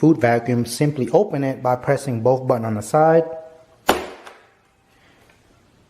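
Someone talks, then both side release buttons on a Bunsen V12 Deluxe food vacuum sealer are pressed, and its plastic lid unlatches from the base with a sharp click at 3.9 s. The lid releases open, followed by a faint rustle and quiet.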